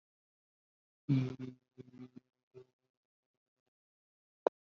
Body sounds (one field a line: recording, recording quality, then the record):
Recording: sustained vowel as in beet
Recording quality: moderate, slight background noise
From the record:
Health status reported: COVID-19 positive, moderate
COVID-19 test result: positive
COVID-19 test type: RT-PCR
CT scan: not taken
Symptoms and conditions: cold, fever, fatigue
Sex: male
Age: 25 years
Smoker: no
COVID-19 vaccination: both doses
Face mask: worn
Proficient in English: no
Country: India